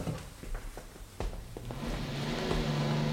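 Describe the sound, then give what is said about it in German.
A few sharp clicks and knocks, then the engine of Dennis's sports car builds into a steady, growing roar with a low droning hum as it pulls away, getting louder toward the end. “Was ist denn das? Dennis Wagen.”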